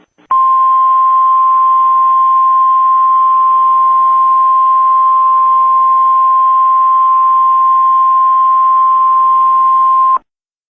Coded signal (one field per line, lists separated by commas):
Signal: Emergency Alert System (SAME) tones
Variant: 1050 Hz attention tone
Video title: REQUIRED WEEKLY TEST (EAS ALERT 127)